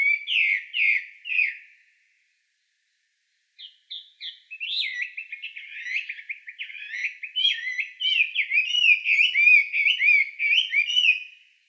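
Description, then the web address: Bird song, high chirped notes in short bursts, then after a pause a long rapid twittering run of varied rising and falling notes. Recorded 21 May 2017. "birdenaga gabityou"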